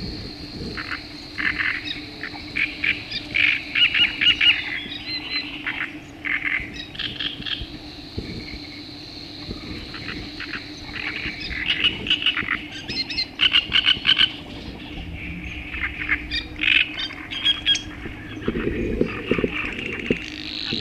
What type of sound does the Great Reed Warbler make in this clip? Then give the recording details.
song. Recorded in the wild. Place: Winden, AT. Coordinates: 47.9539, 16.7697. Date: 1972-05-02. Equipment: Uher Report 4200, AKG D190C in Doppel-Parabolreflektor. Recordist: Krey, Winfried